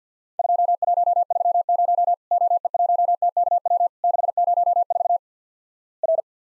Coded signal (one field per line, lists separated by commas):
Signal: Morse code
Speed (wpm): 50 wpm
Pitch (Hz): 700 Hz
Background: none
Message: 2130 OE1TKW 604 R